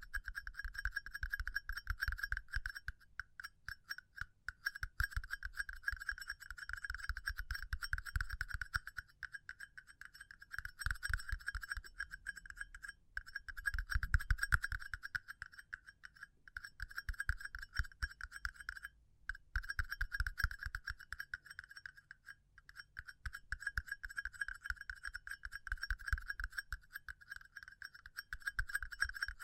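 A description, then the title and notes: Tapping runs through the whole clip in dense, rapid bursts, the pace shifting between quick flurries and slightly slower stretches. Each tap carries a bright, ringing click over a soft low thump. A brief near-silent gap falls around nineteen seconds. ASMR Pure Tapping Fast and Slow (No Talking).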